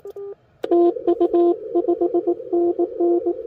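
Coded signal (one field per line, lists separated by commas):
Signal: Morse code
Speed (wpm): 18 wpm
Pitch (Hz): 350 Hz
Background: radio noise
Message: TU5NN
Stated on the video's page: POTA park activation from a car trunk with a Yaesu FT-857, Putikeeg paddle key and JPC7 dipole; rough conditions.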